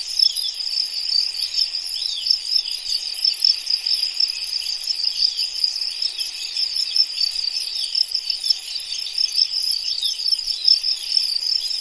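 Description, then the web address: Crickets chirping in a dense, continuous, high-pitched chorus of rapid pulsing trills, steady throughout with no pauses. "anasyn caracalla thesis I 01 crickets"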